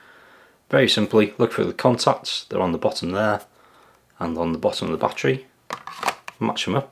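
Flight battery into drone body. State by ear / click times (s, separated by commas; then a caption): not seated / none. A DJI Mavic Air 2 flight battery is lined up by the contacts on its bottom and on the bottom of the drone body, ready to be pushed in. Someone talks throughout, with a few brief handling taps near the end. Nothing has seated or clicked yet.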